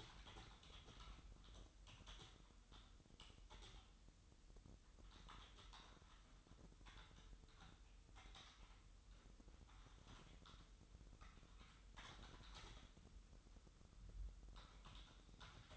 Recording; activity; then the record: daily activity, microphone in the room; typing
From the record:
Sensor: 3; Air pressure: 988.8 hPa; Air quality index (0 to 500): 205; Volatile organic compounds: 442 ppm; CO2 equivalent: 4738 ppm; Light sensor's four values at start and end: 25/81/33/30 and 25/81/33/30